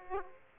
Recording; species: mosquito wingbeat signal from an infrared sensor; Aedes aegypti